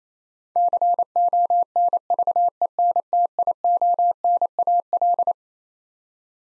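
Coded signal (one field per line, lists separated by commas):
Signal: Morse code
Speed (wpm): 28 wpm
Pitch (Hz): 700 Hz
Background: none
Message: CONVENTIONAL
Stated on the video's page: Morse head-copy drill of twelve-letter words at 28 wpm, each word sent, spoken, then sent again.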